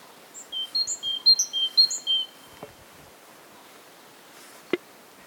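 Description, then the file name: Great tit calling in a quick run of thin, high notes that switch between pitches, followed by a couple of sharp clicks against steady background hiss. "Parus major"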